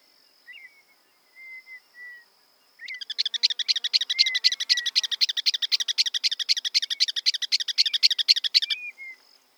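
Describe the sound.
Campo miner song: brief whistled notes, then a fast rhythmic series of buzzy notes, about four per second, lasting six seconds, with soft whistles and a constant high hum.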